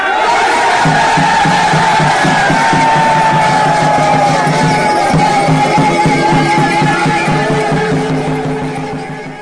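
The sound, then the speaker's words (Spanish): A Mapuche afafán, a collective cry of encouragement and struggle raised by a crowd to seal the words of an elder leader: many voices shouting together in sustained, overlapping calls with rhythmic pulses, fading slightly at the end. “Afafán, así, todo un afafán, un grito de aliento, de huaychán, de lucha, para sellar las palabras de este antiguo líder que todavía es vigente,”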